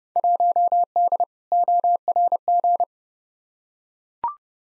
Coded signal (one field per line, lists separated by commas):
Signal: Morse code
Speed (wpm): 29 wpm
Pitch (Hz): 700 Hz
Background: none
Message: 1D ORG